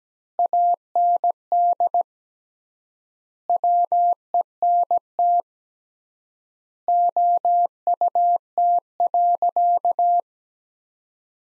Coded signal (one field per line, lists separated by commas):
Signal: Morse code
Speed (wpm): 17 wpm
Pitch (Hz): 700 Hz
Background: none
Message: AND WENT OUT.